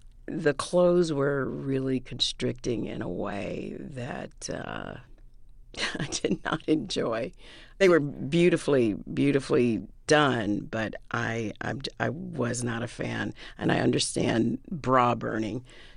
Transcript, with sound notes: the clothes were really constricting in a way that (laughter) I did not enjoy. They were beautifully, beautifully done. But I was not a fan, and I understand bra-burning.